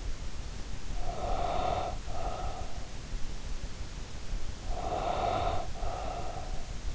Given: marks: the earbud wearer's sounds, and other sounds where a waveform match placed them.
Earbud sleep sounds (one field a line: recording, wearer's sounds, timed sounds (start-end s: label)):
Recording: sounds in sleep by an in-ear microphone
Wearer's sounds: breath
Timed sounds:
0.76-2.89 s: breath
4.33-6.94 s: breath